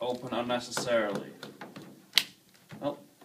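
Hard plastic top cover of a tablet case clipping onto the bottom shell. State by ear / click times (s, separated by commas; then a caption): seated / 2.2 s. Someone talks while pressing the hard polycarbonate top cover of a two-piece Fintie Impact Case for an iPad 4/3/2 onto the bottom shell around the tablet, so the case won't open unnecessarily. A sharp click at 2.2 s marks the clips catching, and the cover is seated.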